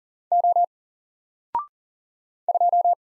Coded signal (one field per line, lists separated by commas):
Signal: Morse code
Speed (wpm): 40 wpm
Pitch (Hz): 700 Hz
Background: none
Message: O 2